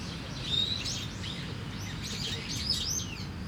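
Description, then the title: Starling song: short squeaky whistles and chattering phrases over a constant high insect drone and low background rumble. Singing in a tree in Kiyosumi garden, Tokyo, Japan, with crickets and cars; recorded binaurally with DPA 4060 microphones on a Deity PR-2. "Kiyosumi garden, Tokyo, Japon - Starling in a tree"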